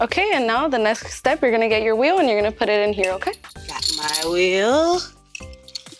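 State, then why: Not seated. A climber's harness connector, called a wheel, is handled at the metal lock slot of a climbing wall while someone talks over music. Two short metallic sounds occur near 5.4 s and 5.8 s, but the connector has not yet been pushed home and nothing has clicked or seated yet.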